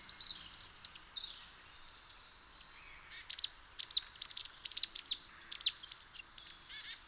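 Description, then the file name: Marsh tit calls, a busy run of sharp high chips and downslurred notes that grow louder and denser in the second half, several notes overlapping. "Poecile palustris"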